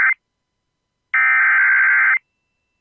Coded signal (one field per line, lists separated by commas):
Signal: Emergency Alert System (SAME) tones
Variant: header bursts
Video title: ANOTHER ONE. Alabama SVR EAS #329